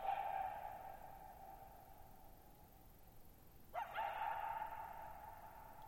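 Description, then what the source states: Coyote: a fading wail, then one sudden sharp cry that settles into a sustained tone, over soft steady background hiss. Lone coyote at night, July 14, 2019, near Thirtymile Meadows, Okanogan National Forest (Okanogan High Country, Pacific Northwest), 6400 ft (1950 m); high dry plateau, shallow bowl-shaped meadow; vocalized nearly 50 minutes.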